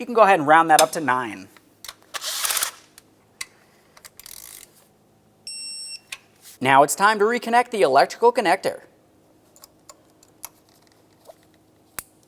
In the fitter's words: Press it in, listen for a click, give it a tug.